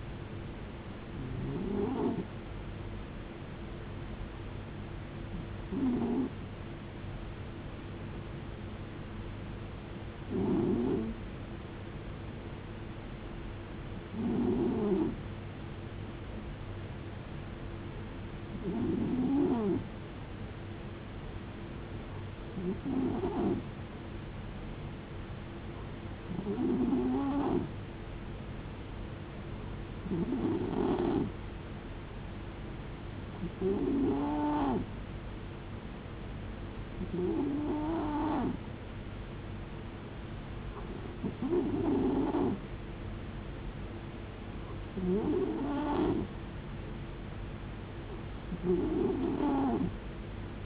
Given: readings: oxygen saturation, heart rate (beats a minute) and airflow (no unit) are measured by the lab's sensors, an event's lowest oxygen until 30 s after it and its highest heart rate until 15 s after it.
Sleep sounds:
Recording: breathing in sleep by a voice recorder at the bedside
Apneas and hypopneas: 1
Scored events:
3.00-26.20 s: hypopnea (N2, oxygen 93% highest, then 90% lowest, heart rate 65 at the start, 73 highest)
From the record:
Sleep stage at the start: N2 (light sleep)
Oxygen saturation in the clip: 90 to 93%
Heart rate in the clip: 57 to 73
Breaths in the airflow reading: 12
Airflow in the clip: -5.0 to 3.9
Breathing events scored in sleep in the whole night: 389 in 6.3 hours asleep

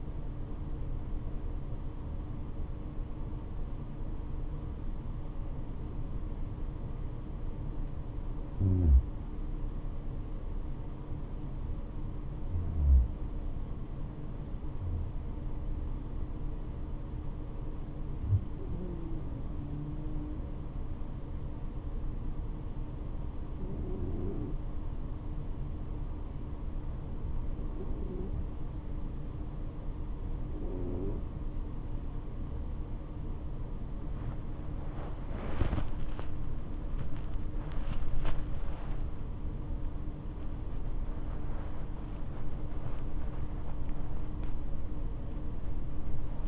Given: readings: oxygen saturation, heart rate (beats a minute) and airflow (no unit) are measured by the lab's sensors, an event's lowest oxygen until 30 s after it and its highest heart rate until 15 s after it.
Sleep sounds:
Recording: breathing in sleep by a smartphone at the bedside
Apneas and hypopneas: 1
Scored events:
5.00-19.00 s: hypopnea (N2, oxygen 95% highest, then 92% lowest, heart rate 74 at the start, 81 highest)
28.00-46.48 s: new sleep stage, awake
30.00-46.48 s: awake
From the record:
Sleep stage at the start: N2 (light sleep)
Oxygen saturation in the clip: 92 to 95%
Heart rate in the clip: 72 to 91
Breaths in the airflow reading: 12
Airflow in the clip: -7.4 to 10.6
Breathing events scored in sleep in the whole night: 228 in 5.4 hours asleep

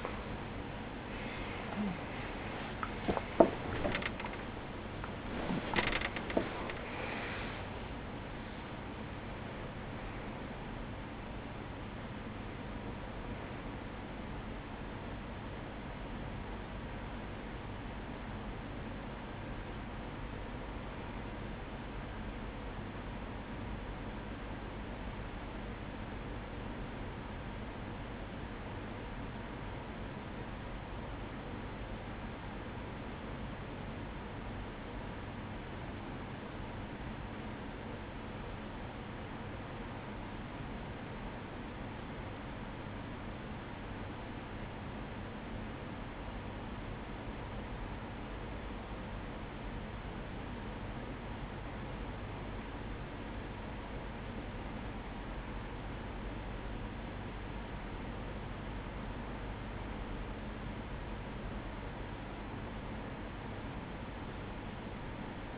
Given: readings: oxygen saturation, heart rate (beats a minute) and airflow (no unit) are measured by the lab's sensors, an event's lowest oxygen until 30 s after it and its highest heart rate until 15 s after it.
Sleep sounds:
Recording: breathing in sleep by a voice recorder at the bedside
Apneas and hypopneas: 1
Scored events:
0.00-27.00 s: awake
19.00-58.20 s: hypopnea (scored as awake, oxygen 98% highest, then 95% lowest, heart rate 63 at the start, 63 highest)
23.00-53.00 s: new sleep stage, N1 (lightest sleep)
53.00-65.58 s: new sleep stage, N2 (light sleep)
From the record:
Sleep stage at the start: awake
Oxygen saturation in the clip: 91 to 98%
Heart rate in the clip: 55 to 72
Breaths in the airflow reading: 17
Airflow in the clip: -18.9 to 15.6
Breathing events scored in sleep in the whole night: 180 in 6.7 hours asleep

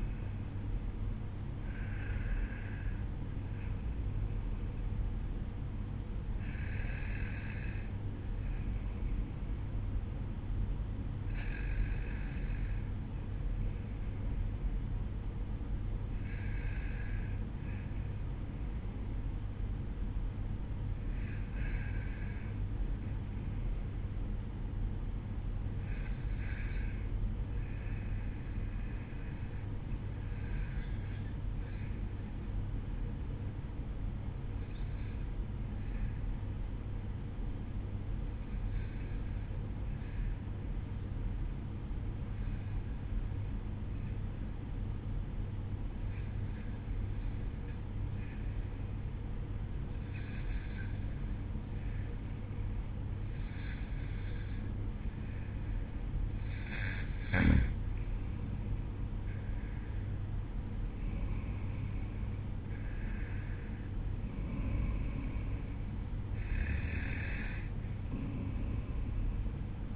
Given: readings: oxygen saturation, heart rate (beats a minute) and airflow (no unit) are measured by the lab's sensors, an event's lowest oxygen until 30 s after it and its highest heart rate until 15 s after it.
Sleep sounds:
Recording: breathing in sleep by a smartphone at the bedside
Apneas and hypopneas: 1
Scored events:
20.00-56.70 s: hypopnea (N1, oxygen 95% highest, then 92% lowest, heart rate 52 at the start, 58 highest)
23.00-53.00 s: new sleep stage, N2 (light sleep)
53.00-69.96 s: new sleep stage, N1 (lightest sleep)
From the record:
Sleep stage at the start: N1 (lightest sleep)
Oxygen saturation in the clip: 91 to 95%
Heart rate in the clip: 51 to 58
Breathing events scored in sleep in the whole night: 305 in 9.6 hours asleep

